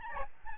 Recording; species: mosquito wingbeat signal from an infrared sensor; Aedes albopictus